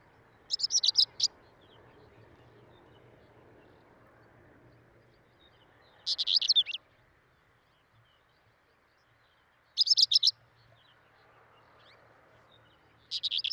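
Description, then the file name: Finsch's wheatear song: short scratchy, twittering phrases of jumbled high notes, repeated every few seconds with quiet gaps between. "Oenanthe finschii song"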